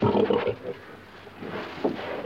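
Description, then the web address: Pig grunts, two short harmonic grunts at the start, then quieter rough snorts near the end after a lull. Pig grunting in a pen. "pig grunting in pen animal"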